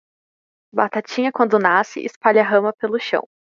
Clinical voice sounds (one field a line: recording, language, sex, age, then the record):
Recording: short text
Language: Brazilian Portuguese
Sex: female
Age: 18 to 19 years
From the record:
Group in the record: control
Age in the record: 18 years